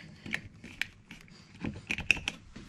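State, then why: Seated. A second rebuilt seat belt buckle has its plastic housing pressed down over the lock parts, giving a series of small sharp plastic ticks and snaps. The housing clicks home at 2.1 s, and the seat belt is left functioning.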